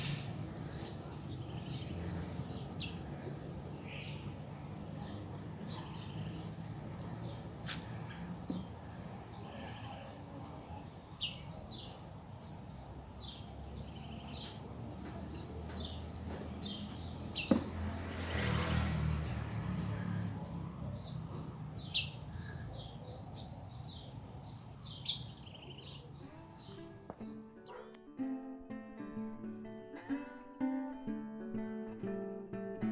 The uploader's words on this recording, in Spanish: Ruth Almada comparte con la audiencia global el sonido de los pájaros en su patio de Santa Rosa Misiones.